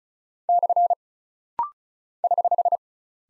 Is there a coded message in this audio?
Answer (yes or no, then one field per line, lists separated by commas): yes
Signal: Morse code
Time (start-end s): 0.5-2.8 s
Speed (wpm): 36 wpm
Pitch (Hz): 700 Hz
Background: none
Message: / <HH>